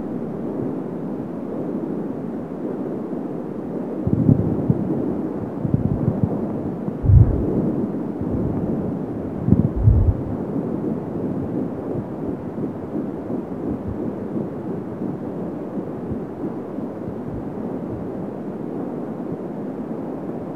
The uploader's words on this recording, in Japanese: 赤ちゃんの心音 妊娠9週4日。